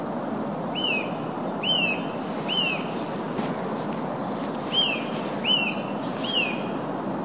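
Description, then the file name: Eurasian nuthatch giving six loud, clear whistled notes, each bending sharply downward, in two groups of three, with a constant low traffic-like hum beneath. "Sitta europaea"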